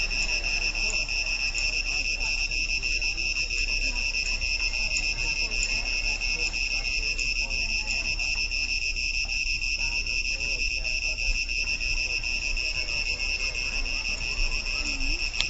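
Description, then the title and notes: Cicadas' shrill, unbroken buzzing chorus holds steady throughout, with low rumbling background noise underneath. Cicadas recorded at Angkor Wat, Siem Reap, Cambodia. "Awful Cicadas. Siem Reap, Angkor Wat, Cambodia"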